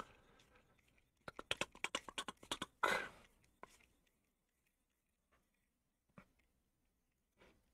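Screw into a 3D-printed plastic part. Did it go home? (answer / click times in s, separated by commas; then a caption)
no / none. A screw is driven directly into a 3D-printed plastic part of a split-flap display, making a rapid series of sharp creaking clicks from about 1.3 to 2.7 s and a louder, longer grinding burst at 2.8 s, followed by a few faint ticks later on. The screw's thread strips in the plastic, wearing it out so it can be screwed in only once, and nothing has seated or clicked into place.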